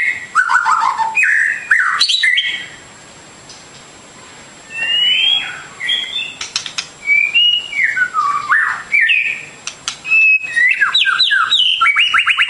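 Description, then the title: Bird song of sharp chips and falling whistles, a silent gap, then rising and falling whistled notes ending in a rapid series. Complete masteran birdsong for training. "Kicau Burung Masteran Lengkap"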